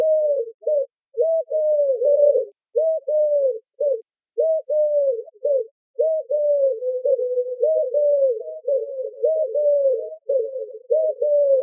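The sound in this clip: Eurasian collared dove cooing: many low, soft coo notes in a long series, broken by short gaps at first, then running together almost without pause.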